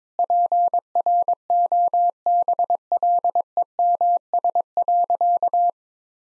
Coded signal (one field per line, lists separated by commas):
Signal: Morse code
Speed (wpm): 22 wpm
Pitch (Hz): 700 Hz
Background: none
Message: PROBLEMS.